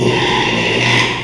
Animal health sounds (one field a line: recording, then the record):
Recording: squeal of a Yucatan mini pig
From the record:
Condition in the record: after surgery on the right vocal fold (resection and tissue-engineered implant)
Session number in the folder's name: 1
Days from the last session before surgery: 6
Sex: male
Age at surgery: 12 weeks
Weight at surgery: 13 kg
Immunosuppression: cyclosporine, prednisolone